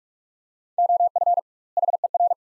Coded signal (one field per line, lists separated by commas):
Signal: Morse code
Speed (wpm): 46 wpm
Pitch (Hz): 700 Hz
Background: none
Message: OF HER